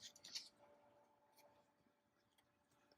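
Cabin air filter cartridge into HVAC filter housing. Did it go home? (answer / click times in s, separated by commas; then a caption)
no / none. A cabin air filter cartridge for a 2015 Honda Pilot is gently slid into the HVAC filter housing without force and goes in easily. Soft scraping and rustling come from the handling, with a brief sharp burst near 0.3 s. Nothing has seated or clicked yet.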